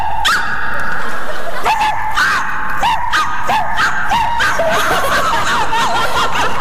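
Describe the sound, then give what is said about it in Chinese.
Two people bark and yip like dogs for a grandson, a string of short, high-pitched, yelping imitations overlapping in quick bursts, with some snickering mixed in throughout. “什么俩狗啊？ 那是我和他，我们俩人。”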